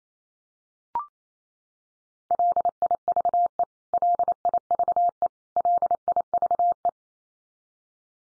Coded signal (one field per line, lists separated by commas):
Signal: Morse code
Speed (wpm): 28 wpm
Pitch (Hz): 700 Hz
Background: none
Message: LIVE LIVE LIVE